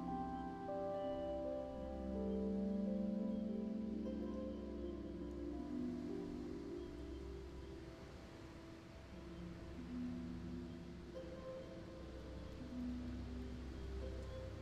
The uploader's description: A spooky fairground on a midsummer's evening.